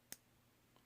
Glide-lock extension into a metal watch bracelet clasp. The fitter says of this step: so when you click it back into place like so it